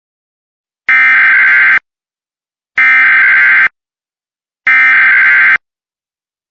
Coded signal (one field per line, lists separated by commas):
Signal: Emergency Alert System (SAME) tones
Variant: header bursts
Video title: Confirmed Tornado warning EAS